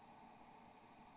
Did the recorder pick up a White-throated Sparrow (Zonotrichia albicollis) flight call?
no